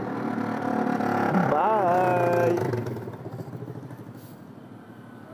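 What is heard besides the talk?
motorcycle passing by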